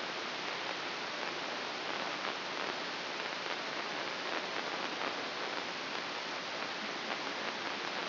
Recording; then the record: brain microelectrode recording played as sound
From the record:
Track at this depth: inside the subthalamic nucleus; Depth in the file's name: 3.426 mm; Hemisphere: left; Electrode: 3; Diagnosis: Parkinson's disease